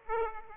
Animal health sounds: mosquito wingbeat signal from an infrared sensor; Aedes aegypti

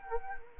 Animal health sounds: mosquito wingbeat signal from an infrared sensor; Anopheles arabiensis

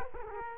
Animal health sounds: mosquito wingbeat signal from an infrared sensor; Culex quinquefasciatus

